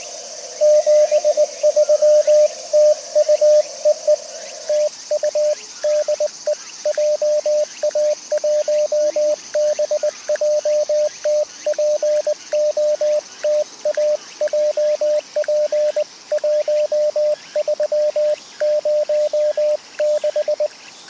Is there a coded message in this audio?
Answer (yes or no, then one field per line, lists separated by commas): yes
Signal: Morse code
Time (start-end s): 0.6-20.7 s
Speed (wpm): 20 wpm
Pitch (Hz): 600 Hz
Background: radio noise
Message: 73 TU EE TU DE JA1BJT POTA JP1306